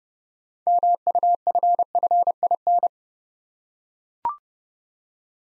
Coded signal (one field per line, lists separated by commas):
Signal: Morse code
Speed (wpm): 30 wpm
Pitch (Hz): 700 Hz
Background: none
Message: MUFFIN